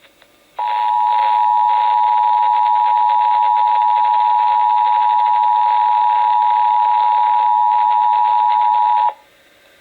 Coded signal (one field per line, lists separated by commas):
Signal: Emergency Alert System (SAME) tones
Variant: 853 and 960 Hz attention tone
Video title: I LEFT IT AT HOME... EAS Tests from May, 2021 (EAS #5,763 - 5,774)